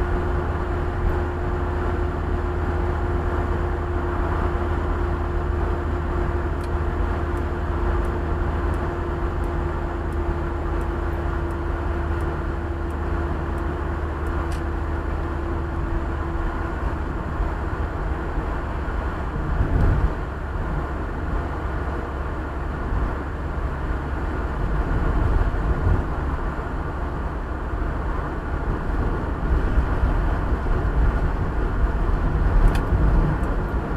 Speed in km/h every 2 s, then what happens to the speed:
77, 77, 76, 75, 77, 76, 75, 75, 74, 70, 68, 67, 68, 68, 67, 64, 63.
0-14 steady at about 76. 14-34 slows to 63.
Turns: none.